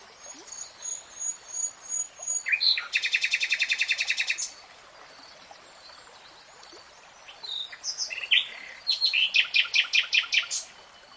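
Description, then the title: Nightingale song: slow repeated piping notes building into a loud fast rattle, a pause, then more notes and another rapid rattling series. Nightingale singing in real time. "[Tiếng chim hót] 3 Hours REALTIME Nightingale Singing"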